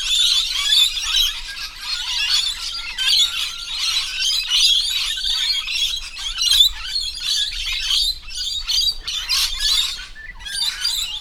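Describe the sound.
Lorikeets giving a continuous shrill chatter of overlapping squeaks and screeches, with brief pauses between bursts toward the end.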